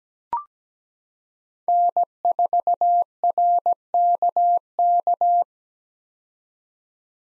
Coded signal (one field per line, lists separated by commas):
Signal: Morse code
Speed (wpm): 17 wpm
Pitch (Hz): 700 Hz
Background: none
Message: N4RKK